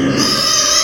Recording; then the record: squeal of a Yucatan mini pig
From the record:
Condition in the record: before surgery on the right vocal fold (resection and tissue-engineered implant); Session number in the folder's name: 2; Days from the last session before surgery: 0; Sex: male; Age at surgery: 12 weeks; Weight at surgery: 13 kg